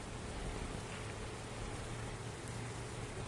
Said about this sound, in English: Just listen. The rain has started.